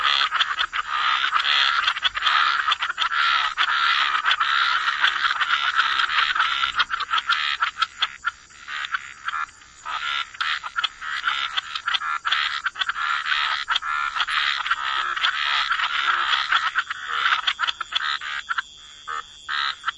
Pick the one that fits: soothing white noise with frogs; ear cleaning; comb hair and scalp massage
soothing white noise with frogs